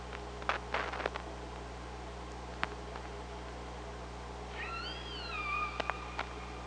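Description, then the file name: Killer whale calls underwater: several sharp clicks early, then bending harmonic tonal calls near the end over steady hydrophone hum. Recorded by OrcaLab hydrophone on 24 August 2017 at 05:27. "Orca Lab UTLN JASON 20170824 052721"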